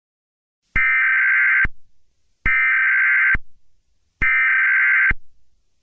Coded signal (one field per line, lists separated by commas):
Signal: Emergency Alert System (SAME) tones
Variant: header bursts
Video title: EAS scenario my little pony